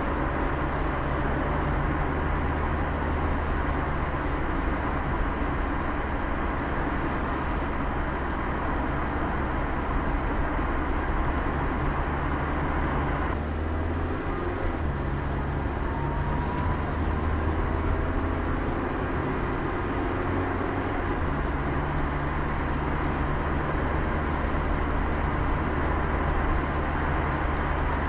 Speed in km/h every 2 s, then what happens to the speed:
56, 55, 55, 58, 58, 58, 60, 62, 64, 66, 72, 74, 76, 77.
0-10 steady at about 56. 10-21 speeds up to 74. 21-28 steady at about 76.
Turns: none.